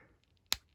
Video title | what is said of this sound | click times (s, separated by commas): Transformers thrilling 30 skids review. G1 complete collection generations comparison box t30 legacy | and again that'll click in | 0.5 s